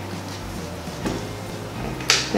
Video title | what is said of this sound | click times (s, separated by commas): How to Install Alexa Extended Battery 2nd Gen Echo | guy's pops right in I should be able to just turn it on at this point | 2.1 s